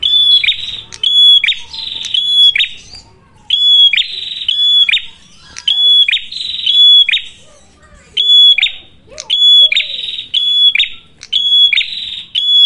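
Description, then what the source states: Prinia calls: shrill whistled notes mixed with harsh buzzes, repeated in bursts with short pauses, with sharp ticks and faint lower sounds. Red-headed prenjak (prenjak kepala merah) singing energetically (gacor), used as a lure (pancingan) for catching birds and for tutoring other birds (masteran).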